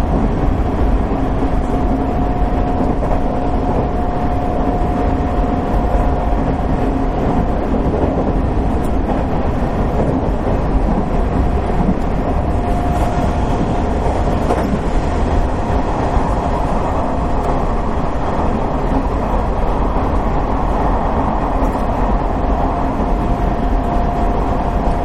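Running sound of a Nishitetsu 3000 series limited express to Fukuoka: steady dense rumble, a thin whine near 700 Hz coming and going, occasional soft clicks.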